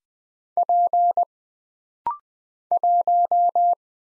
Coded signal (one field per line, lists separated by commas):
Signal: Morse code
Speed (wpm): 20 wpm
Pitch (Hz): 700 Hz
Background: none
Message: P 1